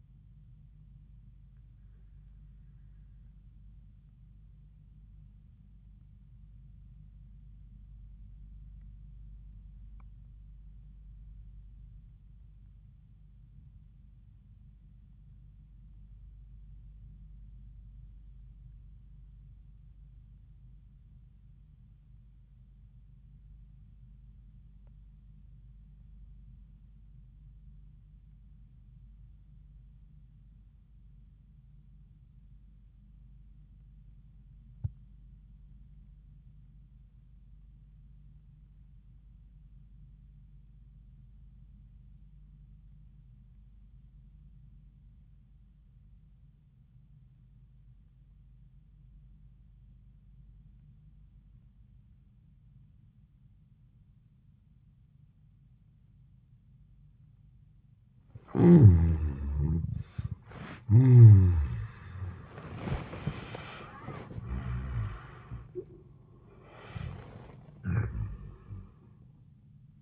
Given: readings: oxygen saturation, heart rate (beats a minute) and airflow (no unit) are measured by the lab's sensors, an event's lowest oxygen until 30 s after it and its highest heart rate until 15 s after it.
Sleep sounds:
breathing in sleep by a smartphone at the bedside; 1
7.00-58.20 s: obstructive apnea (REM, oxygen 95% highest, then 60% lowest, heart rate 79 at the start, 96 highest)
54.00-70.02 s: new sleep stage, N1 (lightest sleep)
From the record:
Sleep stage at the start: REM sleep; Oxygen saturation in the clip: 63 to 95%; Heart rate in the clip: 54 to 96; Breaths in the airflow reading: 5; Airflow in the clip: -39.3 to 33.0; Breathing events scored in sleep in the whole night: 400 in 8.7 hours asleep

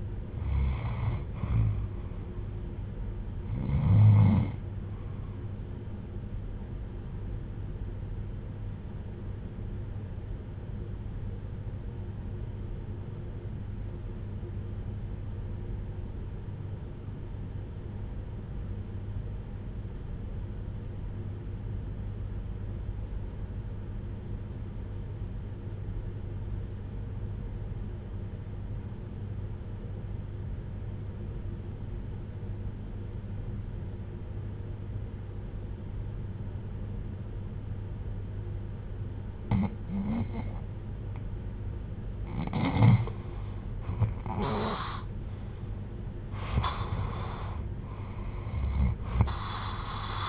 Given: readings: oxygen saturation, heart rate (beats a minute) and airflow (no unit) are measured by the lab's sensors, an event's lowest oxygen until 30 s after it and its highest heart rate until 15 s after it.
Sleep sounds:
breathing in sleep by a smartphone at the bedside; 1
7.00-41.50 s: hypopnea (REM, oxygen 97% highest, then 77% lowest, heart rate 57 at the start, 80 highest)
From the record:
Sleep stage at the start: REM sleep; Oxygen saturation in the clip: 80 to 97%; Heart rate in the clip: 57 to 80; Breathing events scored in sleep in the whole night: 310 in 8.1 hours asleep

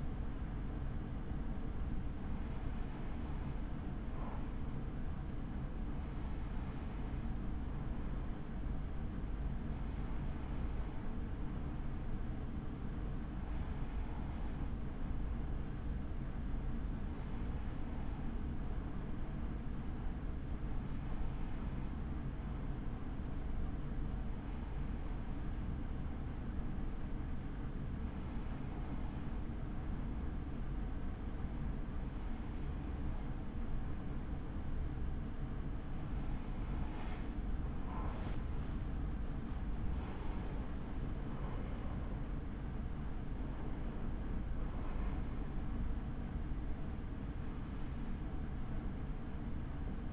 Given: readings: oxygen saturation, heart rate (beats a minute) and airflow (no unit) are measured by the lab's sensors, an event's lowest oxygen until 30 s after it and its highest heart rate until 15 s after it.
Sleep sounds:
breathing in sleep by a smartphone at the bedside; none
none scored
From the record:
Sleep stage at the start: N2 (light sleep); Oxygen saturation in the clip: 94 to 95%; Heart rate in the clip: 56 to 72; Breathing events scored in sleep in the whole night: 83 in 6.1 hours asleep

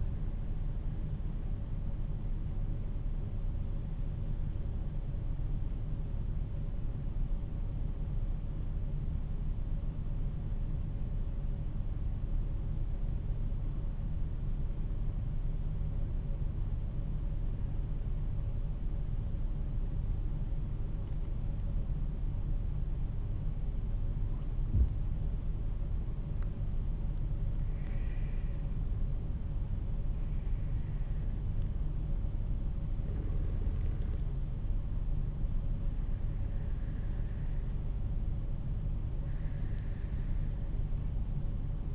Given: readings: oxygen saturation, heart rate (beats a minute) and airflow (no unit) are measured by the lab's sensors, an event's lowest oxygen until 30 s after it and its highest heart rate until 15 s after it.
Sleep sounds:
breathing in sleep by a smartphone at the bedside; 1
4.00-25.60 s: hypopnea (N1, oxygen 95% highest, then 89% lowest, heart rate 49 at the start, 57 highest)
From the record:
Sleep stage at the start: N1 (lightest sleep); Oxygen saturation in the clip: 90 to 95%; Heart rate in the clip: 46 to 57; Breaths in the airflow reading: 9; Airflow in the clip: -7.0 to 10.5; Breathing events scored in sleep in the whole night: 388 in 6.5 hours asleep

